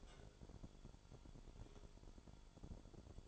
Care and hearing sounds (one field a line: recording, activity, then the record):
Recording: daily activity, microphone in the room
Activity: take from stove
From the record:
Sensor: 5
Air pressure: 1008.2 hPa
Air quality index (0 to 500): 121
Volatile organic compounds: 1 ppm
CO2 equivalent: 930 ppm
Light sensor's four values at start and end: 30/62/27/28 and 31/64/28/29